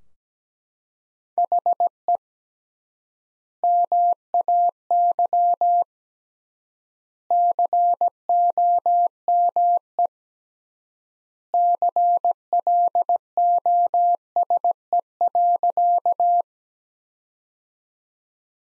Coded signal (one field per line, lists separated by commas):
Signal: Morse code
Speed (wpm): 17 wpm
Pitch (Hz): 700 Hz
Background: none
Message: HE MAY COME CLOSE.